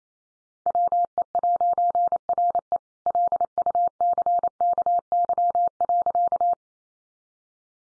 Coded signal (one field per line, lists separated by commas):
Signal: Morse code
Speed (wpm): 28 wpm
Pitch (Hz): 700 Hz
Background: none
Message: WE'RE LUCKY.